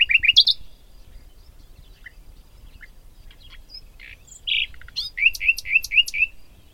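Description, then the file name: Common nightingale song: a quick rising phrase, quiet scattered notes, then a loud run of several repeated whistled notes that rise and drop sharply. "Luscinia megarhynchos"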